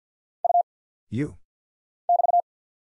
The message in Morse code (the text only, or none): U <BT>